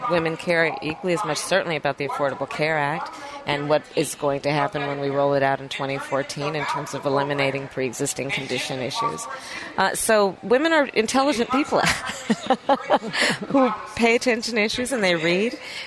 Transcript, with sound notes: Women care equally as much certainly about the Affordable Care Act and what is going to happen when we roll it out in 2014 in terms of eliminating preexisting condition issues. So women are intelligent people...... (LAUGHTER) who pay attention to issues, and they read.